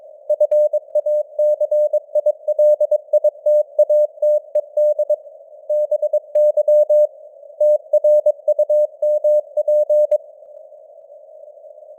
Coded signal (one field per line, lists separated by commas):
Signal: Morse code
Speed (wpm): 22 wpm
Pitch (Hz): 600 Hz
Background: none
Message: FACILITATED BY TRUMP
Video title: Morse Code News | 2025-10-26 | 22wpm